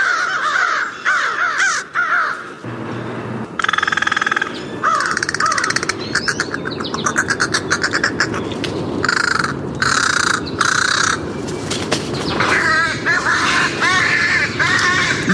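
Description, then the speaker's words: American Crow: loud bursts of harsh, varied cawing calls with short gaps between them. Loud cawing, throaty rattle call sounding like talking, and high-pitched screaming call given when squabbling with other crows; large groups can be very loud. "American Crow. the familiar loud cawing of the American crow needs no description."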